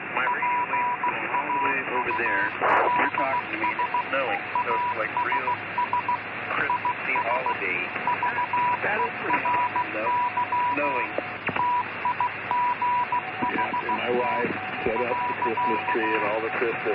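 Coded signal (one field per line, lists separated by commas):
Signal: Morse code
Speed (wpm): 15 wpm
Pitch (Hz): 980 Hz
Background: speech, radio noise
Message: PAULS ASS IS VERY TIGHT .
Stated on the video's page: Morse heard on a live Yavapai County, Arizona scanner feed.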